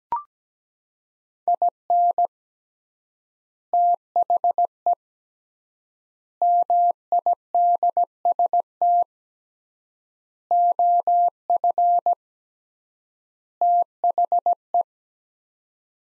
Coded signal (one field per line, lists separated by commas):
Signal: Morse code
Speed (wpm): 17 wpm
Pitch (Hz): 700 Hz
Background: none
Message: IN THE MIDST OF THE